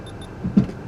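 A telescoping steel tow bar arm, one of two extended after the car is connected to the RV, locks into its extended position with a click at 0.6 s, preceded by a softer knock near 0.45 s. Only one arm has clicked into place; the other has not locked yet because the car was not parked perpendicular to the RV.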